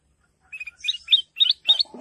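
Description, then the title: Sooty-headed bulbul song: a quick run of bubbly, chirpy notes in short clusters. "Suara Burung Kutilang"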